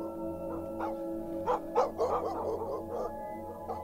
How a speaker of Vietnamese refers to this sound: Đâu đó tiếng chó cắn ma cứ nhấm nha nhấm nhẳng từ trong làng vọng ra.